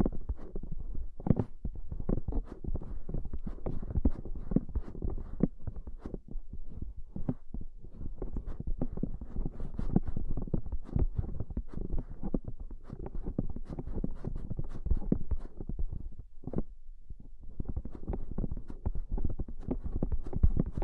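Soft, fluffy ear-brushing sounds: dense, rapid rubbing and patting strokes that crowd together with a low, muffled thump beneath them. The texture stays busy and fairly even, with brief near-silent gaps around seven and sixteen seconds before the strokes resume.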